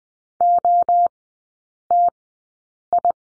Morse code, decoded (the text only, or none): OTI